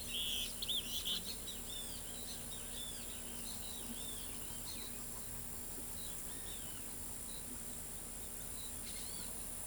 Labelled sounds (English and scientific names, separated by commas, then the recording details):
Yellow-bellied Elaenia (Elaenia flavogaster), Great Kiskadee (Pitangus sulphuratus)
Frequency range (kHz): Yellow-bellied Elaenia (Elaenia flavogaster) 1.9-9.3 kHz; Great Kiskadee (Pitangus sulphuratus) 1.6-9.2 kHz
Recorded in pastures near Pivijay, Magdalena, Colombia, on 4 June 2023 at 12:00
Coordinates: 10.456, -74.369
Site P6-G026